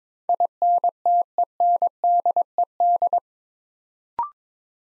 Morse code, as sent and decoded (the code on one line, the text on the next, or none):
.. -. - . -. -.. . -..
INTENDED